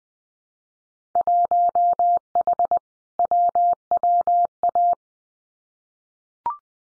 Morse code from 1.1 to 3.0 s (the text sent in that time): 1H